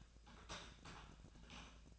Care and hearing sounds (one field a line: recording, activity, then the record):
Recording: daily activity, microphone in the room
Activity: typing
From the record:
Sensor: 2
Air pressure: 1000.0 hPa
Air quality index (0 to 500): 129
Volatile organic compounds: 2 ppm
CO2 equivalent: 1105 ppm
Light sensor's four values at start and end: 25/62/26/29 and 25/62/26/29